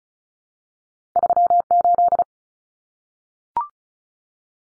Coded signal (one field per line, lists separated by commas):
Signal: Morse code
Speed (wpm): 34 wpm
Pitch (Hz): 700 Hz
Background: none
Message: 38